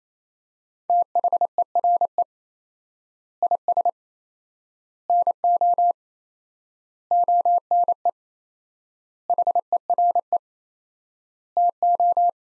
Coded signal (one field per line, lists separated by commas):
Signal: Morse code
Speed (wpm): 28 wpm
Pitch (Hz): 700 Hz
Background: none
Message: THERE IS NO ONE HERE TO